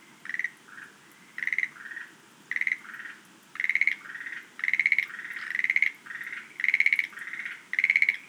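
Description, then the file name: Schlegel's green tree frog producing quick pulsed rattling croaks in a steady series, about once per second, with quieter lower notes between. "rodolphe alexis - rhacophorus schlegelii"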